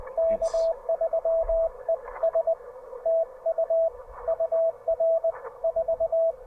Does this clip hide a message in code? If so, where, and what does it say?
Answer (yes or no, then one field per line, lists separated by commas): yes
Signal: Morse code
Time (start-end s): 0.2-6.3 s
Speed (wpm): 21 wpm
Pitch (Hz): 690 Hz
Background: radio noise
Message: K3ES TU UR 4